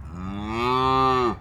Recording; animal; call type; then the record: contact call of a hoofed animal; cattle; low-frequency (closed-mouth) or high-frequency (open-mouth) call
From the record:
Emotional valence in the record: negative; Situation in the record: full separation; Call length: 1.40 s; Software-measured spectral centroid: 1650 Hz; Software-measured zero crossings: 1520 a second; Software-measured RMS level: -23 dBFS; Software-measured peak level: -10 dBFS